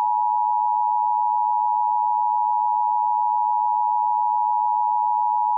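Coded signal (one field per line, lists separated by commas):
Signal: Emergency Alert System (SAME) tones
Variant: 853 and 960 Hz attention tone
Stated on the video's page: Fictional EAS scenario, not a real alert.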